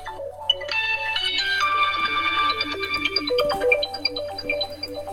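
mobile phone ringtone

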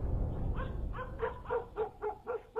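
pack of dogs barking

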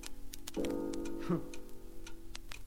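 clocks ticking

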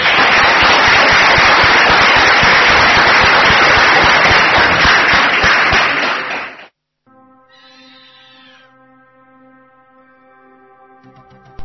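audience applause

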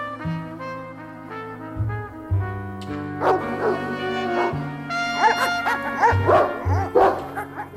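dogs barking wildly

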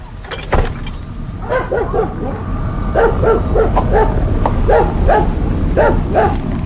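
dog barking

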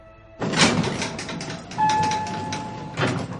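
elevator door sliding open

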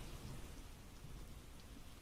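heavy pouring rain

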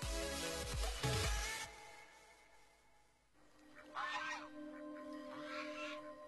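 goose honking

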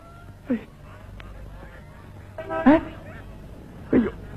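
geese honking

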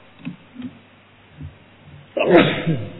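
sneeze

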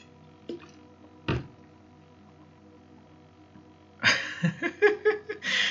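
sipping water

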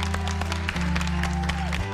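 clapping

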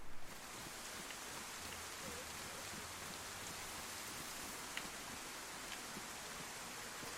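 rain falling outside

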